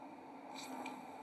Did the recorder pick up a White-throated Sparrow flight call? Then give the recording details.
no. No flight call is heard. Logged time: 22:57 on 2 December 2014